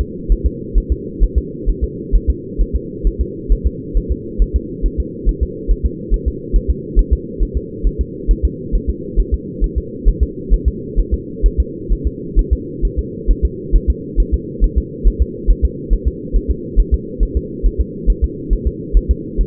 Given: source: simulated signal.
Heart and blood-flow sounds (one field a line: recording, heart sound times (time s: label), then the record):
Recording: fetal heart sounds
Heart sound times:
0.01 s: S2
0.32 s: S1
0.46 s: S2
0.78 s: S1
0.92 s: S2
1.24 s: S1
1.38 s: S2
1.69 s: S1
1.84 s: S2
2.15 s: S1
2.30 s: S2
2.61 s: S1
2.76 s: S2
3.07 s: S1
3.21 s: S2
3.52 s: S1
3.67 s: S2
3.97 s: S1
4.12 s: S2
4.42 s: S1
4.56 s: S2
4.86 s: S1
5.00 s: S2
5.29 s: S1
5.43 s: S2
5.71 s: S1
5.86 s: S2
6.14 s: S1
6.28 s: S2
6.56 s: S1
6.70 s: S2
6.99 s: S1
7.13 s: S2
7.43 s: S1
7.57 s: S2
7.87 s: S1
8.01 s: S2
8.31 s: S1
8.45 s: S2
8.75 s: S1
8.90 s: S2
9.20 s: S1
9.34 s: S2
9.64 s: S1
9.78 s: S2
10.08 s: S1
10.23 s: S2
10.54 s: S1
10.68 s: S2
10.99 s: S1
11.14 s: S2
11.46 s: S1
11.60 s: S2
11.92 s: S1
12.07 s: S2
12.39 s: S1
12.53 s: S2
12.85 s: S1
12.99 s: S2
13.31 s: S1
13.45 s: S2
13.76 s: S1
13.90 s: S2
14.20 s: S1
14.34 s: S2
14.64 s: S1
14.78 s: S2
15.07 s: S1
15.22 s: S2
15.51 s: S1
15.65 s: S2
15.93 s: S1
16.08 s: S2
16.36 s: S1
16.51 s: S2
16.80 s: S1
16.94 s: S2
17.23 s: S1
17.37 s: S2
17.66 s: S1
17.80 s: S2
18.10 s: S1
18.24 s: S2
18.53 s: S1
18.67 s: S2
18.97 s: S1
19.11 s: S2
19.41 s: S1
From the record:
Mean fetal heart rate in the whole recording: 135 bpm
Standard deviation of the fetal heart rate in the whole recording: 3 bpm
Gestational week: 36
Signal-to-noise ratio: -4.1 dB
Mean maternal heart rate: no maternal heart sound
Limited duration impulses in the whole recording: absent